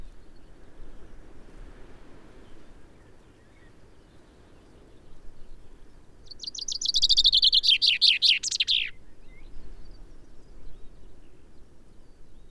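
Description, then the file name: Common chaffinch gives a single cascading song phrase midway, a quick descending trill ending in a bright flourish, over steady low background rumble before and after. "Fringilla coelebs"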